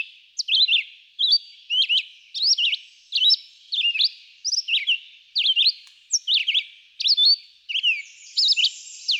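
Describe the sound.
Red-eyed vireo song of sharp slurred whistled phrases, rising and falling in turn, repeated with short pauses.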